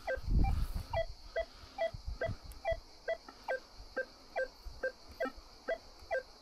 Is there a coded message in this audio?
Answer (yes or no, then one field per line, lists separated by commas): no